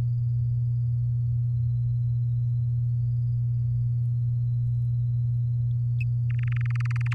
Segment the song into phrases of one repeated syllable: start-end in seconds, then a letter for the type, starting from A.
6.30-7.14 A